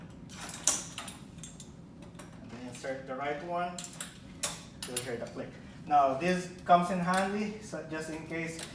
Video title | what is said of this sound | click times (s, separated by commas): Standard wheelchair tutorial | insert it until you hear the click the | 0.7 s